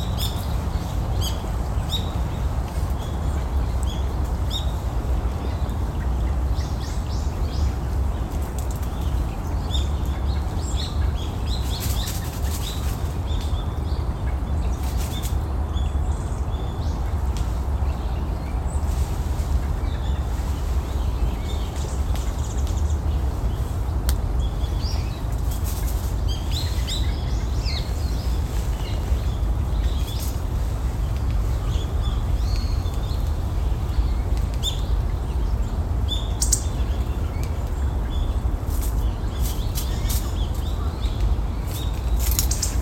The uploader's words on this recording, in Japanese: 公園の朝散歩より345小鳥の地鳴き。